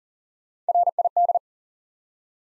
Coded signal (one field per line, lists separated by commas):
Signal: Morse code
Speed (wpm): 42 wpm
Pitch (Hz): 700 Hz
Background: none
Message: RID